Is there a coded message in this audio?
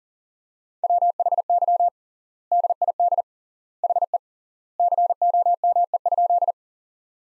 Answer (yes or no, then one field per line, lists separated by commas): yes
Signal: Morse code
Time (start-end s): 0.8-6.5 s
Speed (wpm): 40 wpm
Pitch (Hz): 700 Hz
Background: none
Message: WHY DID HE COME?